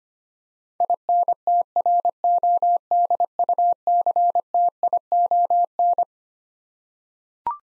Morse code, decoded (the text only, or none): INTRODUCTION